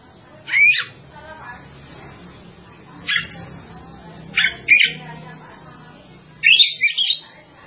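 Bird giving short, high squeaky whistles in separate bursts, ending with a quick, busy twittering phrase, over a soft low hum.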